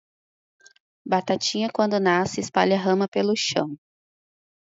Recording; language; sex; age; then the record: short text; Brazilian Portuguese; female; 30 to 39 years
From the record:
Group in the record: control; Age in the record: 34 years